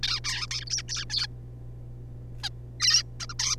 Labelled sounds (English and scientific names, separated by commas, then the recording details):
Zebra Finch (Taeniopygia guttata)
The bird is a juvenile
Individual R3549